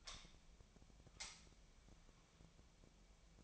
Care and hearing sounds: daily activity, microphone in the room; light on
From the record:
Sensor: 1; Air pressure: 1009.8 hPa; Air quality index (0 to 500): 189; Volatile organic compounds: 17 ppm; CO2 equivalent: 2597 ppm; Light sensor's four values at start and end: 36/92/38/46 and 47/133/55/62

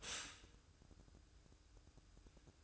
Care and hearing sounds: daily activity, microphone in the room; stop toaster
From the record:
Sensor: 2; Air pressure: 1007.0 hPa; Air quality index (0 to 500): 39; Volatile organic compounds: 1 ppm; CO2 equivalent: 537 ppm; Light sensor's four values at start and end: 6/14/5/6 and 6/14/5/6

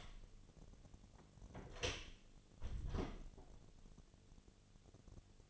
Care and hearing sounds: daily activity, microphone in the room; close door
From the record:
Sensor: 4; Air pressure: 1008.4 hPa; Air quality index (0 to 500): 175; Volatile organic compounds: 5 ppm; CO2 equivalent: 1749 ppm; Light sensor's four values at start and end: 23/72/27/26 and 25/79/30/29

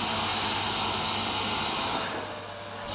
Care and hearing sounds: daily activity, microphone in the room; vacuum cleaning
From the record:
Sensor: 2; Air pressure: 994.3 hPa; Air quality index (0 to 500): 213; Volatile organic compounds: 1000 ppm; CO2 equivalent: 7027 ppm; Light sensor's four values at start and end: 50/115/49/49 and 50/116/49/49

